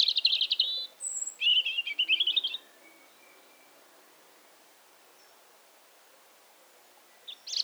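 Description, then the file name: European robin song: a buzzy trill, then a liquid warbling run of notes, followed by a long pause and a brief high flourish at the end; faint background hiss. "Erithacus rubecula"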